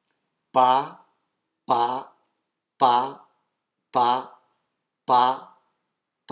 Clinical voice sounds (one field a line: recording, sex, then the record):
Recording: repeated syllable /pa/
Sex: male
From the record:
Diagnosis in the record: healthy control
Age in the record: 77 years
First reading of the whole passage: 68 s, 7.6 characters per second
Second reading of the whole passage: 60 s, 8.3 characters per second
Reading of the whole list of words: 67 s, 4.2 characters per second